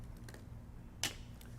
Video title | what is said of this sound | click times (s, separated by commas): Best Unboxing & Overview - Sony E 55-210mm f/4.5-6.3 OSS | and twist until you hear the click. | 1.0 s